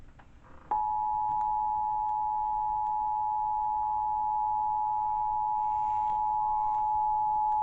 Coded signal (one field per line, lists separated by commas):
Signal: Emergency Alert System (SAME) tones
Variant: 853 and 960 Hz attention tone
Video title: Coastal Flood Warning on MeTV on Xfinity (EAS #69)